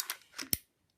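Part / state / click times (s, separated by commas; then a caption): BB/CO2 magazine into air pistol grip / seated / 0.5 s. A BB/CO2 magazine is pushed into the pistol grip of a KWC P.08 Luger .177 air pistol, giving light scraping and sliding sounds. It ends in a sharp, positive click at 0.5 s as the magazine engages the release catch and seats.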